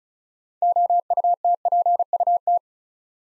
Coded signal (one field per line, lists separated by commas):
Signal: Morse code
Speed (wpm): 35 wpm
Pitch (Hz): 700 Hz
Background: none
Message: OUTPUT